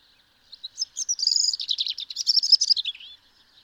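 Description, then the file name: European robin song: a single phrase of thin, high whistles running into fast, sparkling trills that rise and fall, lasting about two and a half seconds. "Erithacus rubecula"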